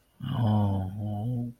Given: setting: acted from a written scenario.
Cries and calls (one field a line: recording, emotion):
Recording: vocal sound without words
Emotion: guilt